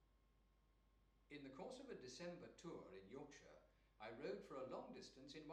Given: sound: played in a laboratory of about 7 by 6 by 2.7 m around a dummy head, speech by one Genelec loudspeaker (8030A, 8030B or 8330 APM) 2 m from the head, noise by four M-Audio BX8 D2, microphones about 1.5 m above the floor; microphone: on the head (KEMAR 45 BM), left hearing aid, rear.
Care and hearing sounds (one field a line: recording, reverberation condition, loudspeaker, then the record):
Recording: male speech in English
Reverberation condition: medium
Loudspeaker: 30 degrees to the left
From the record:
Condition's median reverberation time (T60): about 510 ms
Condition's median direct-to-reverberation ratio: about -0.5 dB